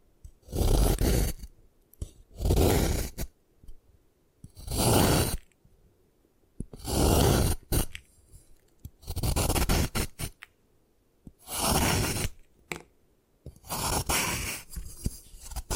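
Gym chalk being crushed and destroyed, in loud gritty bursts of scraping and crumbling lasting about a second each, roughly every two to three seconds. Brief sharp clicks and taps fall between the bursts, with quiet pauses separating them.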